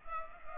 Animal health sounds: mosquito wingbeat signal from an infrared sensor; Culex pipiens

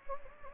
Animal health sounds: mosquito wingbeat signal from an infrared sensor; Anopheles gambiae

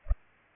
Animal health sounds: mosquito wingbeat signal from an infrared sensor; Culex pipiens

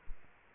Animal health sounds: mosquito wingbeat signal from an infrared sensor; Aedes aegypti

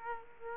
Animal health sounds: mosquito wingbeat signal from an infrared sensor; Aedes aegypti

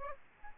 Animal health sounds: mosquito wingbeat signal from an infrared sensor; Aedes aegypti

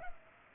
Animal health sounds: mosquito wingbeat signal from an infrared sensor; Culex pipiens

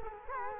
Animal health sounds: mosquito wingbeat signal from an infrared sensor; Culex quinquefasciatus

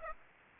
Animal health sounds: mosquito wingbeat signal from an infrared sensor; Aedes aegypti

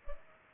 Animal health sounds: mosquito wingbeat signal from an infrared sensor; Culex pipiens

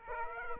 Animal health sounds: mosquito wingbeat signal from an infrared sensor; Aedes aegypti

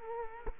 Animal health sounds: mosquito wingbeat signal from an infrared sensor; Culex quinquefasciatus

